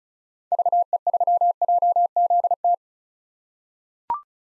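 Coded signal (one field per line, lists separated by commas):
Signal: Morse code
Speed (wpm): 36 wpm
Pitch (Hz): 700 Hz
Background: none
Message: VE3JZT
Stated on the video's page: Morse head-copy drill at 35 wpm of common 2023 POTA activator callsigns, each sent, spoken, then sent again.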